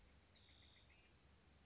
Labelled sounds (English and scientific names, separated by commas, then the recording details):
Bewick's Wren (Thryomanes bewickii)
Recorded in Sonoma County, California